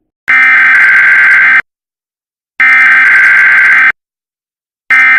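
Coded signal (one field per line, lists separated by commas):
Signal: Emergency Alert System (SAME) tones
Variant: header bursts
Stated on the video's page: EAS scenario, a fictional alert.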